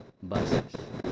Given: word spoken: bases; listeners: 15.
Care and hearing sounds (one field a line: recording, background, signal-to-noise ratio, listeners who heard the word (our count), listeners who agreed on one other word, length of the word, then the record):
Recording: one Spanish word in noise, from a listening test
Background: noise modulated by one talker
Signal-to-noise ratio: -7.7 dB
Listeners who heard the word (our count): 3 of 15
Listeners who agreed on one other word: 11 of 15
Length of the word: 0.72 s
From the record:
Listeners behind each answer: 11, 3, 1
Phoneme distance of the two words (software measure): 10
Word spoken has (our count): 2 syllables, 5 phonemes, stress on syllable 1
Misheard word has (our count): 2 syllables, 5 phonemes, stress on syllable 1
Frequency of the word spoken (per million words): 56.30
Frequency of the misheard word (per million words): 17.64